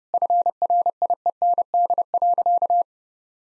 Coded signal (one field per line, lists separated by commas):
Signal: Morse code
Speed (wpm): 30 wpm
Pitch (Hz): 700 Hz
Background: none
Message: FRIEND.